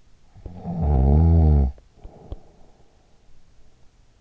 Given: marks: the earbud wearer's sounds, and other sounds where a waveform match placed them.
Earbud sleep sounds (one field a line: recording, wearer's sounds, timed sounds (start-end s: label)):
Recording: sounds in sleep by an in-ear microphone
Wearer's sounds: snoring breath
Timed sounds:
0.12-3.18 s: snoring breath